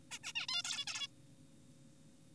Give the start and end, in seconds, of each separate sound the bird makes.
0.11-0.18, 0.24-0.33, 0.36-0.47, 0.48-0.62, 0.65-0.84, 0.87-1.08